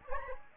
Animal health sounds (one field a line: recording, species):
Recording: mosquito wingbeat signal from an infrared sensor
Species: Anopheles gambiae